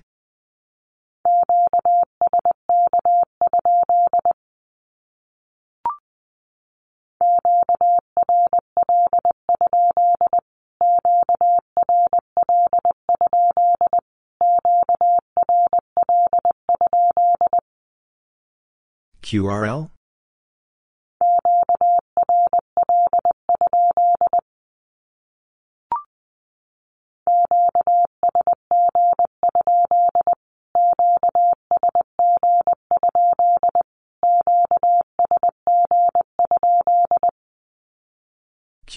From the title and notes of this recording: Q-Codes Repeated 3x 20wpm. First, the Q-code is sent in Morse code three times as either a statement or a question.